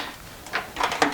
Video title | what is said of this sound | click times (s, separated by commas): How to Install the Pin Stadium Neo: Teenage Mutant Ninja Turtles Edition | they should snap into place | 0.6 s, 1.0 s